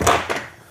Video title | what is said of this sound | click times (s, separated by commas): Home Theater Seats for Audiophiles? Valencia Barcelona Ultimate Edition | So, you heard that clicking. | 0.0 s, 0.1 s, 0.3 s